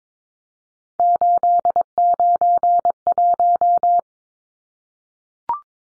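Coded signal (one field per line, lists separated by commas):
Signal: Morse code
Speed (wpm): 22 wpm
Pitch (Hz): 700 Hz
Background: none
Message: 891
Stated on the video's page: Head-copy drill of three-digit numbers at 22 wpm, each number sent in Morse, spoken, then sent again.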